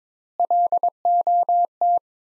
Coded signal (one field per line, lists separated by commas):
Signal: Morse code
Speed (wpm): 22 wpm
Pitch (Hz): 700 Hz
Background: none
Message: LOT